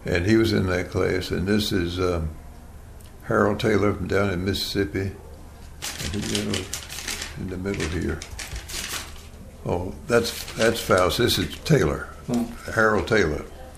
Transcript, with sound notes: And he was in that class and this is…Harold Taylor from down in Mississippi, (Paper shuffling sound) in the middle of, in the middle here. Oh, that’s, that, this is Taylor, Harold Taylor.